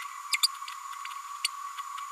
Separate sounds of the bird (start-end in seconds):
0.31-0.38, 0.43-0.47, 1.44-1.48